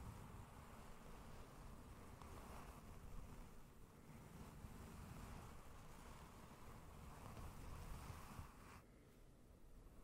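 Slow, gentle brushing against a microphone makes a continuous, soft rushing rumble that is heaviest in the low end. The texture swells and eases in long, unhurried strokes, with a brief quieter dip near the end before it resumes.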